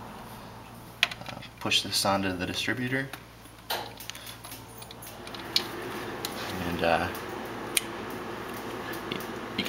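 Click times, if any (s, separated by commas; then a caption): 7.8 s. A spark plug wire's rubber boot is pushed onto a distributor cap terminal on a Jeep while someone talks. Handling clicks and rustles lead up to a sharp snap at 7.8 s as the boot seats on the terminal.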